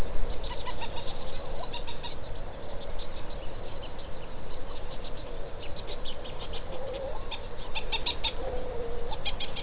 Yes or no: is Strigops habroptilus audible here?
no